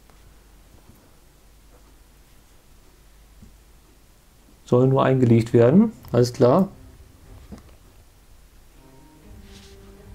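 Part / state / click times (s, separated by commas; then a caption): small plastic part into model command tower assembly / seated / 7.6 s. A small turquoise plastic part is laid into the command tower of a Hachette Space Combat Carrier Hyuga partwork spaceship model (part 172) while someone talks. A faint, brief click at 7.6 s marks the part snapping lightly into place, and it is seated.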